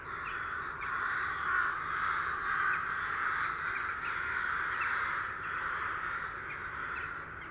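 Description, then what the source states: Many rooks cawing at once, a steady massed clamour of hoarse overlapping calls, individual caws barely separable within the constant chorus. A flock.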